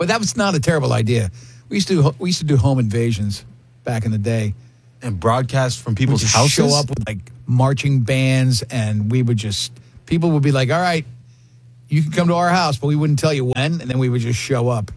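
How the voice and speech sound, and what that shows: Fluent, clear conversational speech from one adult man at an easy, casual pace with normal pauses.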